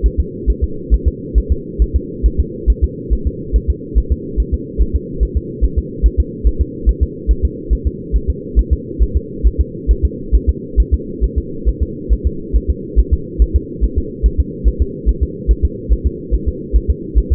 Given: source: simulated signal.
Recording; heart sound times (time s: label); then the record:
fetal heart sounds
0.06 s: S1
0.20 s: S2
0.50 s: S1
0.64 s: S2
0.94 s: S1
1.08 s: S2
1.38 s: S1
1.52 s: S2
1.82 s: S1
1.96 s: S2
2.26 s: S1
2.40 s: S2
2.70 s: S1
2.84 s: S2
3.13 s: S1
3.27 s: S2
3.56 s: S1
3.70 s: S2
3.98 s: S1
4.12 s: S2
4.40 s: S1
4.54 s: S2
4.82 s: S1
4.96 s: S2
5.23 s: S1
5.37 s: S2
5.64 s: S1
5.78 s: S2
6.06 s: S1
6.20 s: S2
6.47 s: S1
6.61 s: S2
6.89 s: S1
7.03 s: S2
7.31 s: S1
7.45 s: S2
7.73 s: S1
7.87 s: S2
8.16 s: S1
8.30 s: S2
8.59 s: S1
8.73 s: S2
9.03 s: S1
9.17 s: S2
9.47 s: S1
9.61 s: S2
9.91 s: S1
10.05 s: S2
10.35 s: S1
10.49 s: S2
10.80 s: S1
10.94 s: S2
11.24 s: S1
11.38 s: S2
11.69 s: S1
11.83 s: S2
12.13 s: S1
12.27 s: S2
12.56 s: S1
12.70 s: S2
12.99 s: S1
13.13 s: S2
13.42 s: S1
13.56 s: S2
13.84 s: S1
13.98 s: S2
14.26 s: S1
14.40 s: S2
14.68 s: S1
14.82 s: S2
15.09 s: S1
15.23 s: S2
15.51 s: S1
15.65 s: S2
15.93 s: S1
16.07 s: S2
16.34 s: S1
16.48 s: S2
16.76 s: S1
16.90 s: S2
17.18 s: S1
17.32 s: S2
From the record:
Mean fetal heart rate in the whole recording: 140 bpm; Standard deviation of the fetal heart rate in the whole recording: 2 bpm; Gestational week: 34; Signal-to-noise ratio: -4.3 dB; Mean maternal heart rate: 72 bpm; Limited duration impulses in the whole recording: absent